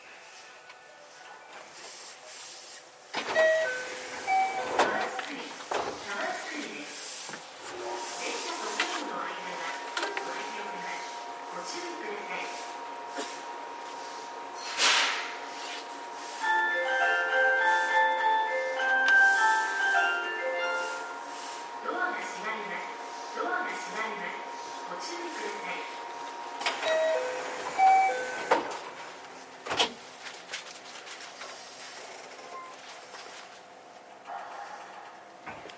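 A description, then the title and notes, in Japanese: A JR 323 series train at Momodani starts quiet, then a rush of rumble and hiss begins around three seconds. A steady motor whine holds from about 8 to 28 seconds, with stepped rising tones near 16–22 seconds and sharp jolts at 15 and 27 seconds. JR323系 桃谷→桃谷。朝早くに乗車して録音しましたが、そこそこ乗客がおり、少し声が聞こえます。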